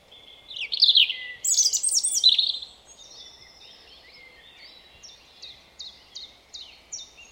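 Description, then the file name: European robin song: a tumbling phrase of high, squeaky and liquid notes, then a series of faint short notes repeated at regular intervals. "Erithacus rubecula"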